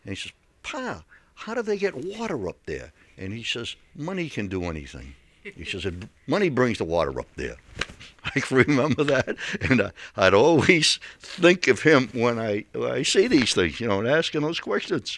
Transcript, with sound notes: And I says, "Pa, how do they get water up there?" And he says, "Money can do anything." He says, "Money brings the water up there." (he laughs) I can remember that. And I'd always think of him when I, when I say these things, you know, and ask him those questions.